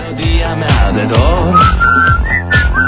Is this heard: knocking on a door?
no